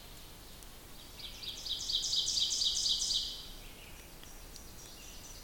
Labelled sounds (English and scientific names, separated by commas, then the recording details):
Ovenbird (Seiurus aurocapilla) song
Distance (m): 30 m
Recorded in boreal forest in Alberta, Canada, on 2 June 2016 at 08:39
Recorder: SongMeter 3, array SBT-3-7
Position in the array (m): 20 m, 132 m
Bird 4